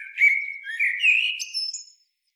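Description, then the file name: Eurasian blackbird song: a single flowing, mellow warbled phrase that rises and ends in thin high squeaky notes. "Turdus merula"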